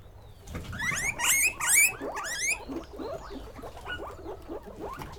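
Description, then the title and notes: Guinea pigs giving loud shrill whistled squeals early on, then softer, rapid rising squeaks continuing at a lower level. Guinea pig (cuy) pen, during a sound residency on traditional kitchens in Pujilí, Ecuador, 2019. "Yanuna_Paisajes. CORRAL_CUY. Sonidos grabados durante la residencia "Yanuna de sonidos, Laboratorio de experimentación y creación sonora alrededor de las cocinas tradicionales de Pujilí." en Pujilí - Ecuador 2019"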